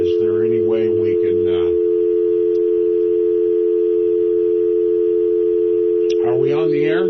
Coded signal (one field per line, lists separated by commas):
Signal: telephone call progress tone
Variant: North America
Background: speech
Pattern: dial tone